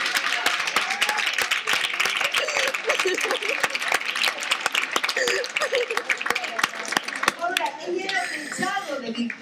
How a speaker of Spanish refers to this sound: Un aplauso.